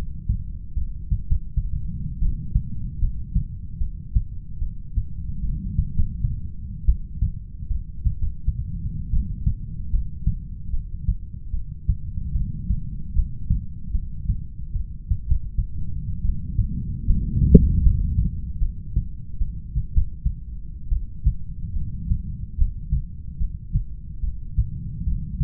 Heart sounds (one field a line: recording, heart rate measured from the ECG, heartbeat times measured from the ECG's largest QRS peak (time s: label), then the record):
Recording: heart sounds by stethoscope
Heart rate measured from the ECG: 77 bpm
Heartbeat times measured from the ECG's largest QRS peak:
0.75 s: heartbeat
1.26 s: heartbeat
2.21 s: heartbeat
3.01 s: heartbeat
3.79 s: heartbeat
4.60 s: heartbeat
5.42 s: heartbeat
5.94 s: heartbeat
6.87 s: heartbeat
7.69 s: heartbeat
8.17 s: heartbeat
9.12 s: heartbeat
9.92 s: heartbeat
10.72 s: heartbeat
11.52 s: heartbeat
12.34 s: heartbeat
13.15 s: heartbeat
13.93 s: heartbeat
14.74 s: heartbeat
15.26 s: heartbeat
16.23 s: heartbeat
17.07 s: heartbeat
17.83 s: heartbeat
18.60 s: heartbeat
19.40 s: heartbeat
19.93 s: heartbeat
20.91 s: heartbeat
21.75 s: heartbeat
22.57 s: heartbeat
23.39 s: heartbeat
24.21 s: heartbeat
25.05 s: heartbeat
From the record:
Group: heart failure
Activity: rest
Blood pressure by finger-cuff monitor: 82/52 mmHg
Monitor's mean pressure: 63 mmHg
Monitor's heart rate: 73 bpm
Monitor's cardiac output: 6.6 L/min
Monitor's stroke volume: 94 mL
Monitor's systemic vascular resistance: 660 dyn s/cm5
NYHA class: 1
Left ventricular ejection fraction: 39%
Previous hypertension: present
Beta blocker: carvedilol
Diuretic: furosemide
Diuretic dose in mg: 20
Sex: male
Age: 60 years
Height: 178 cm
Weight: 62 kg